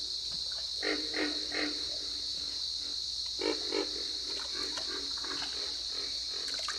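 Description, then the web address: Pig frog call, short clusters of quick low grunts separated by pauses, with a persistent shrill chorus underneath. "Dan Gibson's Solitudes Frog Song. Pig Frog"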